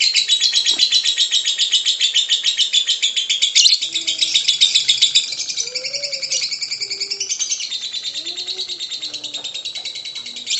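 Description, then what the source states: Lovebird song, a loud rapid buzzy chatter that softens after a few seconds and then carries on, with soft lower whistles behind it. Lovebird ngekek song, described as very long, used as kicau pancingan, a bait song to prompt other lovebirds to sing.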